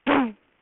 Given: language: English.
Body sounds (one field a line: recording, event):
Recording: throat vibration sensor signal played as sound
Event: throat clearing